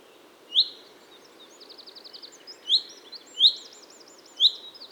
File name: Fringilla coelebs